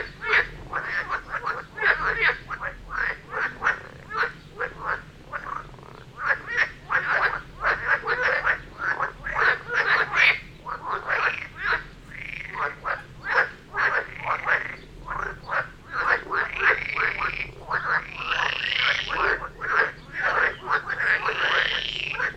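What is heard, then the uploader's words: A dense chorus of frogs croaks near a brook, calls overlapping in rapid, uneven bursts that never pause for the full stretch. Some voices are loud with rising, bending calls toward the end, while a low steady hum sits underneath. Frog concert near Vellerner Brook in Neubeckum - 2pm - binaural version.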